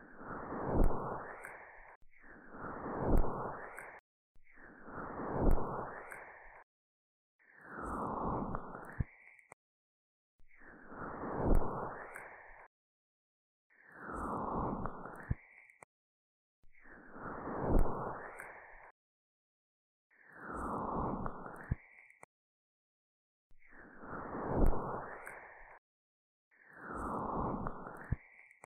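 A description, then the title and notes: Mouth sounds: about eleven breathy, whooshing blows, each swelling and fading over two seconds, separated by short silences, with small clicks between them. 視覺觸發×細碎耳語. MouthSounds.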